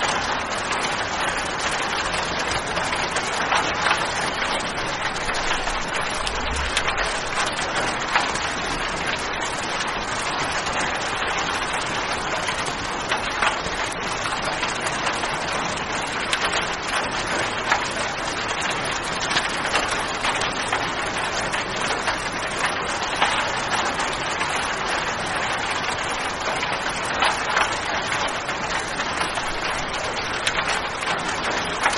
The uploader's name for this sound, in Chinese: 雷雨声 雨一直下